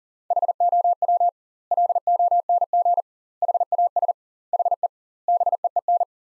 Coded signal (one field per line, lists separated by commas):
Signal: Morse code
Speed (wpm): 40 wpm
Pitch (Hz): 700 Hz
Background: none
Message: HOW LONG HAS HE BEEN